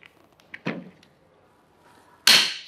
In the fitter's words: berbunyi klik artinya sudah terpasang dengan baik